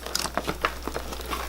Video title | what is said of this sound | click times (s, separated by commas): RALENO Softbox Lighting Kit | Oh, the way it should just like snap into place. | 0.6 s